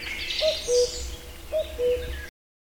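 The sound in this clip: Bird giving two falling two-note whistles about a second apart, over a soft wash of high chirping from other birds.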